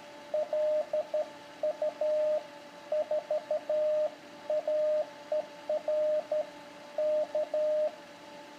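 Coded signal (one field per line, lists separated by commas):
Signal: Morse code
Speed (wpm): 12 wpm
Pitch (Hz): 610 Hz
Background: radio noise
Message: LU4AER K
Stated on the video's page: CW CQ call sent with a Vibroplex straight key on an ICOM 7000 with MFJ-941 tuner.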